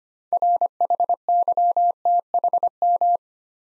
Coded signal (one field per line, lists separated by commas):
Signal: Morse code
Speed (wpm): 25 wpm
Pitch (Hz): 700 Hz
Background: none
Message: RHYTHM